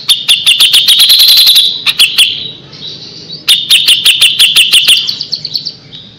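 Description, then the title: Grey-cheeked bulbul calls: loud, sharp, high chirps repeated rapidly in two long runs separated by a short pause, with a few separate notes between. Masteran recording used to train other birds. "MASTERAN CUCAK JENGGOT"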